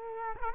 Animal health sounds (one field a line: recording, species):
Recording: mosquito wingbeat signal from an infrared sensor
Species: Culex quinquefasciatus